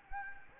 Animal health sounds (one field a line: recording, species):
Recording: mosquito wingbeat signal from an infrared sensor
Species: Anopheles gambiae